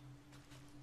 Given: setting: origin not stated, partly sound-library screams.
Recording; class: one-second piece from a danger detection set; normal situation